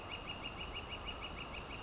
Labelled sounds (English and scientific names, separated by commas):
Northern Flicker (Colaptes auratus)